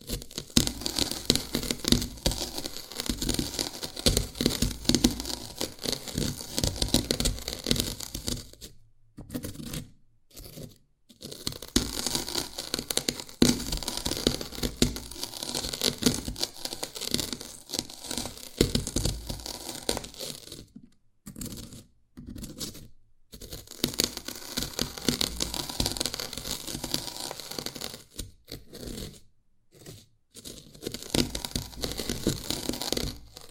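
Dalgona candy is tapped and cracked in dense, rapid bursts of crisp, bright clicks and crunches that run almost without pause. Sharp gaps of silence break the activity near 9–11, 21–23 and 28–30 seconds before the brittle crackling resumes.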